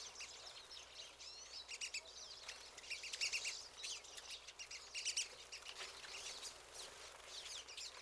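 Pine siskin flock calls: high twittering mixed with buzzy wheezes, several birds overlapping, with louder bursts near the middle.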